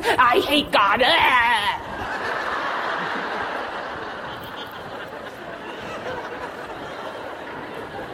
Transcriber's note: laughter